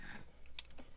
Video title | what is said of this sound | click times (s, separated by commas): Whiskers The Snow Cat Finally Starts, Wiring Nightmare Is Over! | till it clicks. You double check it. And done. | 0.6 s